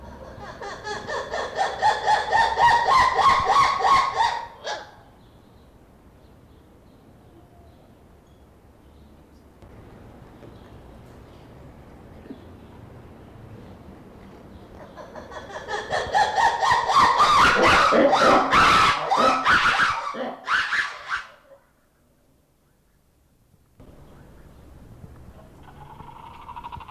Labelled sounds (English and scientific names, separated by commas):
Black-and-white Ruffed Lemur (Varecia variegata)